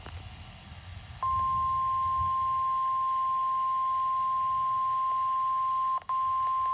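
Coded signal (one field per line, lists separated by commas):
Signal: Emergency Alert System (SAME) tones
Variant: 1050 Hz attention tone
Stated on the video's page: Special marine warning on NOAA Weather Radio station WXM60.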